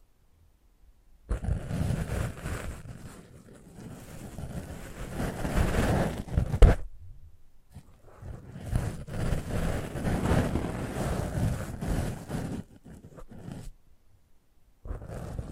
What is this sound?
ASMR Close Up Mic Treatment